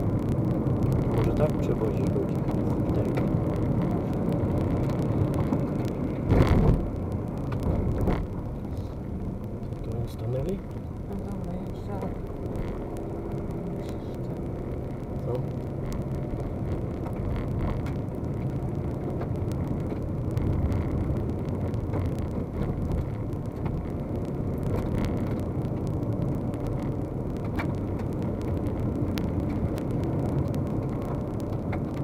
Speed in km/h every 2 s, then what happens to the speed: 51, 52, 43, 31, 20, 17, 21, 26, 32, 38, 41, 41, 44, 44, 46, 48.
3-9 brakes to 17. 9-32 speeds up to 48.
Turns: none.